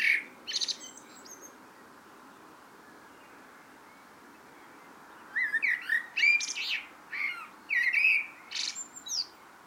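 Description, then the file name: Common blackbird song: brief fluty notes with high squeaky tails at the start, then after a pause a longer run of mellow warbles mixed with thin, high twittering. "Turdus merula"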